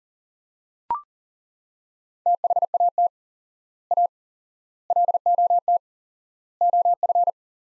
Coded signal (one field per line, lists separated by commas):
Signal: Morse code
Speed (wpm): 40 wpm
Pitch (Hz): 700 Hz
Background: none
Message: THAT A LOT OF